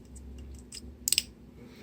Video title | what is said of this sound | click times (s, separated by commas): Chuck's Reviews Snap Ships Sabre XF 23 Interceptor | You put one in, it snaps into place, launches, no problem. | 1.1 s